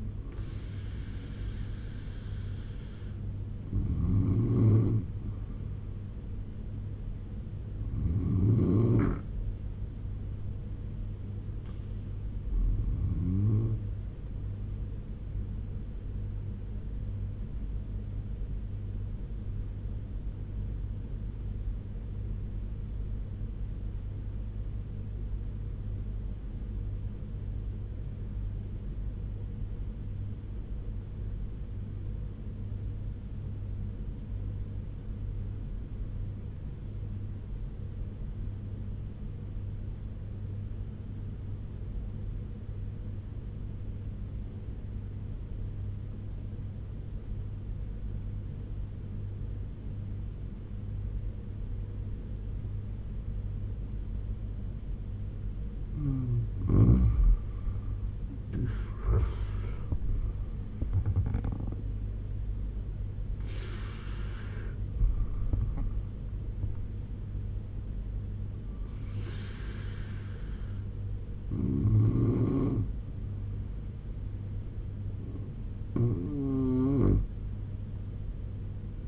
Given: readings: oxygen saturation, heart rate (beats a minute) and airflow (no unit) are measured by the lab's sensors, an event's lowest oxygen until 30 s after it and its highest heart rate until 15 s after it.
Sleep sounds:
breathing in sleep by a smartphone at the bedside; 1
25.00-53.90 s: obstructive apnea (N2, oxygen 96% highest, then 85% lowest, heart rate 75 at the start, 89 highest)
62.00-79.08 s: new sleep stage, N1 (lightest sleep)
From the record:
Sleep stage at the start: N2 (light sleep); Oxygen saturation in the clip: 85 to 97%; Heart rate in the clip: 70 to 89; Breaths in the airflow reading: 9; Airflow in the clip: -7.8 to 11.8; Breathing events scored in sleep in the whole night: 201 in 6.5 hours asleep

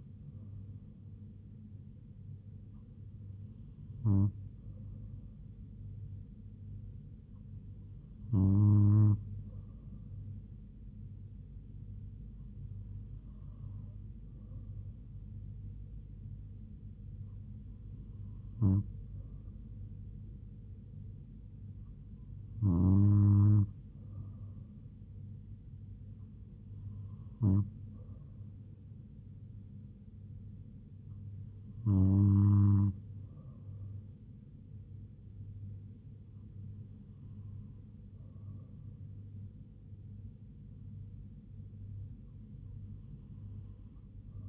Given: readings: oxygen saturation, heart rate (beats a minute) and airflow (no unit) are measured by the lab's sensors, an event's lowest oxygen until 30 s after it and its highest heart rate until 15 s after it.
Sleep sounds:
breathing in sleep by a smartphone at the bedside; none
none scored
From the record:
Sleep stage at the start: N2 (light sleep); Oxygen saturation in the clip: 96%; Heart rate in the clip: 71 to 77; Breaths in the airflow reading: 10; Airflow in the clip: -3.4 to 2.4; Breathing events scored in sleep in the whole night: 158 in 7.3 hours asleep

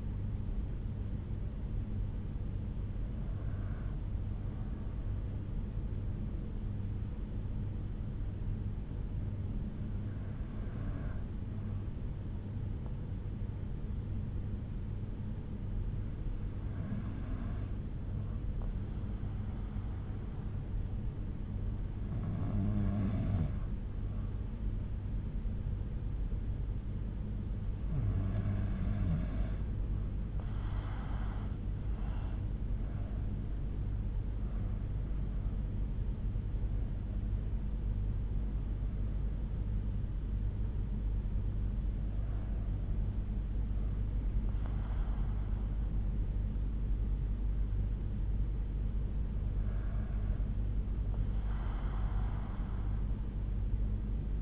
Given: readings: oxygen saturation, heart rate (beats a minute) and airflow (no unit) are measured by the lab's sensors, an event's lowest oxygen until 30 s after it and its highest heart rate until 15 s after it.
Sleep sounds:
breathing in sleep by a smartphone at the bedside; 1
3.00-33.70 s: hypopnea (N1, oxygen 94% highest, then 91% lowest)
4.00-54.42 s: new sleep stage, N2 (light sleep)
From the record:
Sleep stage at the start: N1 (lightest sleep); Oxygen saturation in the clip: 91 to 94%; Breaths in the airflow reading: 10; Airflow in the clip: -8.3 to 7.2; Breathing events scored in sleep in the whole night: 368 in 8.0 hours asleep

